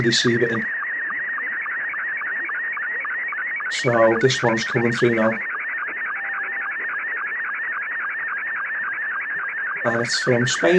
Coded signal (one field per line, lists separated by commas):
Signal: SSTV (slow-scan television)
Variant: Scottie 2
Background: speech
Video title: Is there more to DATA modes than just FT8 ? You best there is